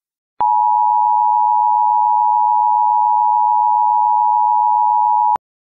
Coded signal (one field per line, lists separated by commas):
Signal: Emergency Alert System (SAME) tones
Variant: 853 and 960 Hz attention tone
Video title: EAS Scenario: The Genetic Code Part 4